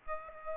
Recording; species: mosquito wingbeat signal from an infrared sensor; Aedes aegypti